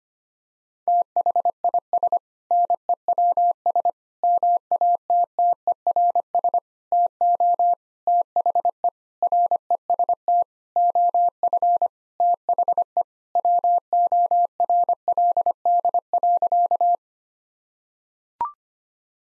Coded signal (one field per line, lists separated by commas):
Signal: Morse code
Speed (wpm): 25 wpm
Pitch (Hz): 700 Hz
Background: none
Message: THIS NEWS MATTERS TO THE REST OF THE WORLD.